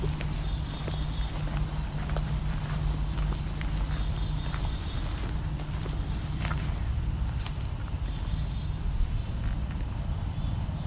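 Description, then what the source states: Chickadees giving short, high calls, repeated in bursts throughout over a steady low rumble and faint footsteps. Several chickadees calling, a couple of miles upstream in a wildlife area, around 9:30.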